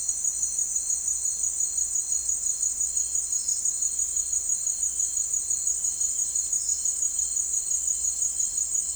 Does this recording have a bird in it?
no